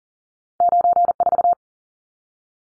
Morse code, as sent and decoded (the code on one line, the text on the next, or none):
----. ....-
94